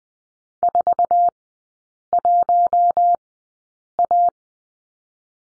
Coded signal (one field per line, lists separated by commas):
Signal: Morse code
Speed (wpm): 20 wpm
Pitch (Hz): 700 Hz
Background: none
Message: 4 1 A